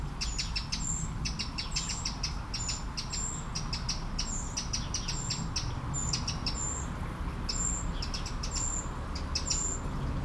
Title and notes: 69610 Aveize, France - Merle - Blackbird. 20170712-Merle et ruisseau. Bord de ruisseau, un merle, quelques mouches, des avions au loin